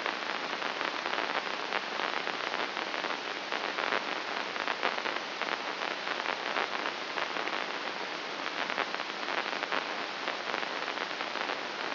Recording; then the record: brain microelectrode recording played as sound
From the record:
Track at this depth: outside the subthalamic nucleus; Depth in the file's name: 6.629 mm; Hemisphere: left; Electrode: 2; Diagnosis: Parkinson's disease